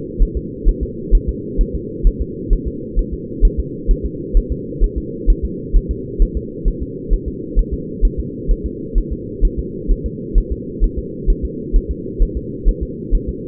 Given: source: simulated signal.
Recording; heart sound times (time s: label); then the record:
fetal heart sounds
0.22 s: S1
0.37 s: S2
0.69 s: S1
0.83 s: S2
1.15 s: S1
1.29 s: S2
1.61 s: S1
1.75 s: S2
2.07 s: S1
2.22 s: S2
2.53 s: S1
2.68 s: S2
2.99 s: S1
3.14 s: S2
3.45 s: S1
3.59 s: S2
3.91 s: S1
4.06 s: S2
4.37 s: S1
4.52 s: S2
4.84 s: S1
4.98 s: S2
5.30 s: S1
5.45 s: S2
5.76 s: S1
5.91 s: S2
6.22 s: S1
6.37 s: S2
6.68 s: S1
6.83 s: S2
7.14 s: S1
7.28 s: S2
7.59 s: S1
7.74 s: S2
8.05 s: S1
8.20 s: S2
8.51 s: S1
8.66 s: S2
8.98 s: S1
9.12 s: S2
9.45 s: S1
9.59 s: S2
9.91 s: S1
10.06 s: S2
10.38 s: S1
10.52 s: S2
10.84 s: S1
10.99 s: S2
11.30 s: S1
11.45 s: S2
11.76 s: S1
11.91 s: S2
12.23 s: S1
12.37 s: S2
12.69 s: S1
12.83 s: S2
13.15 s: S1
13.29 s: S2
From the record:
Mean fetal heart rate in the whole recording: 130 bpm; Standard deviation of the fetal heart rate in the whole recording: 2 bpm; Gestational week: 38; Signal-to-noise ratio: -4.1 dB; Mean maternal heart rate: no maternal heart sound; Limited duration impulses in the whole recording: absent